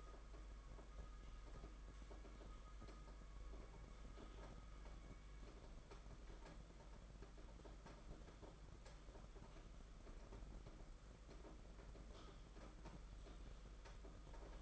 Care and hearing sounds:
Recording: daily activity, microphone in the room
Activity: typing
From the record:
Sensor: 5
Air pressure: 991.9 hPa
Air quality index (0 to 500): 164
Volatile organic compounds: 377 ppm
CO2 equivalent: 4632 ppm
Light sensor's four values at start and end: 31/107/40/42 and 31/107/40/42

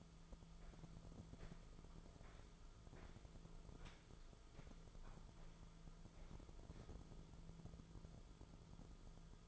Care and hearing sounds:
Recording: daily activity, microphone in the room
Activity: walk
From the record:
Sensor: 5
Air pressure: 1005.6 hPa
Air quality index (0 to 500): 97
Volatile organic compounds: 2 ppm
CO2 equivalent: 1188 ppm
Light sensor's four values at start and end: 33/77/31/29 and 33/77/31/29

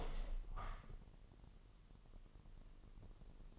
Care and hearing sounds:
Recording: daily activity, microphone in the room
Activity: open window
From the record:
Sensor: 4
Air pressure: 1000.8 hPa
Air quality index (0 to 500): 242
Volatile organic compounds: 40 ppm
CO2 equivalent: 3143 ppm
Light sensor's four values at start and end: 9/20/8/7 and 9/20/8/7

